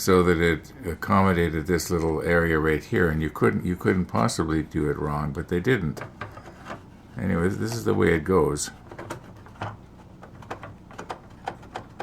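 Someone talks while handling a plastic model piece being fitted onto a model ship deck, followed by several short, quiet taps near the end as the part is worked into position. Nothing has seated or clicked into place yet.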